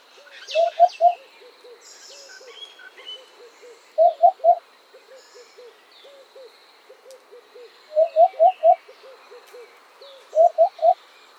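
Eurasian hoopoe repeating its hollow three-note hoot four times, roughly every two to four seconds, while quieter, slightly lower notes repeat rapidly in between.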